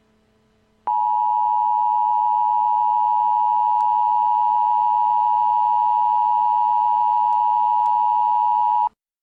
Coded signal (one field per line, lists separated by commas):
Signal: Emergency Alert System (SAME) tones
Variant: 853 and 960 Hz attention tone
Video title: [EAS Mock] Nuclear Attack